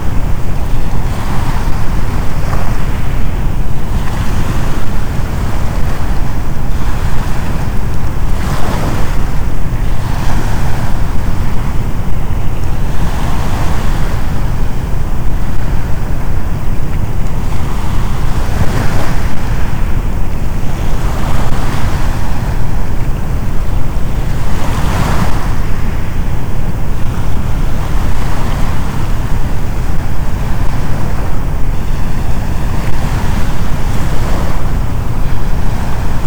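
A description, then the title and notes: Waves wash onto a shoreline over a steady, deep rumbling hiss of brown noise that never lets up. Softer surges swell and fade every few seconds, with slightly stronger crashes near 19 and 25 seconds. The sound stays dense and heavy in the low end throughout. Ocean Shoreline & Soothing Brown Noise. The gentle, rhythmic crashing of waves against a serene shoreline, harmoniously combined with the comforting hum of brown noise.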